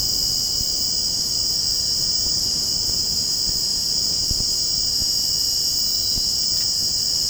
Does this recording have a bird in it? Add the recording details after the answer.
no. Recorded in secondary vegetation near Puerto Asís, Putumayo, Colombia, on 18 February 2024 at 03:30. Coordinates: 0.489, -76.322. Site G6419